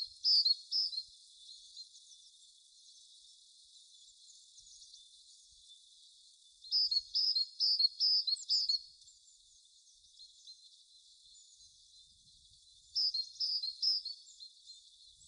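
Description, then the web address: Great tit: three bursts of bright, repeated high notes, separated by long quiet gaps. "SETE Parus major"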